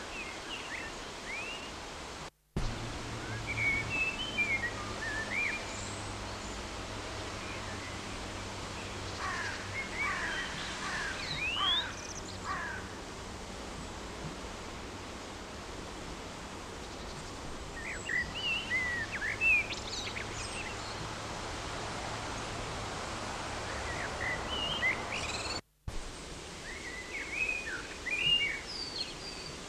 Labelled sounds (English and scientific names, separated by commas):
Common Blackbird (Turdus merula) song